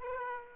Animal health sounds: mosquito wingbeat signal from an infrared sensor; Aedes aegypti

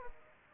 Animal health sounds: mosquito wingbeat signal from an infrared sensor; Aedes aegypti

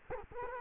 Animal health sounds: mosquito wingbeat signal from an infrared sensor; Culex quinquefasciatus

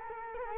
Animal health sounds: mosquito wingbeat signal from an infrared sensor; Culex quinquefasciatus

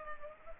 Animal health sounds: mosquito wingbeat signal from an infrared sensor; Culex pipiens

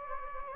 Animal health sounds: mosquito wingbeat signal from an infrared sensor; Anopheles gambiae

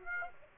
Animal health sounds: mosquito wingbeat signal from an infrared sensor; Aedes aegypti

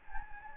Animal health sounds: mosquito wingbeat signal from an infrared sensor; Anopheles gambiae

